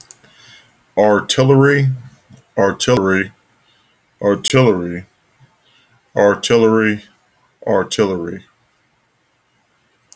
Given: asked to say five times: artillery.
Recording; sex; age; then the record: repeated word; male; 40 to 49 years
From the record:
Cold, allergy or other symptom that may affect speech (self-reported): no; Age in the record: 44 years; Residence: Kentucky, United States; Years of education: 16